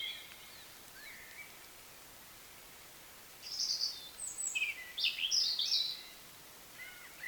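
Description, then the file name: European robin song: a few soft notes, a pause, then a bright run of high, sparkling trills and thin whistles with short gaps. "Erithacus rubecula"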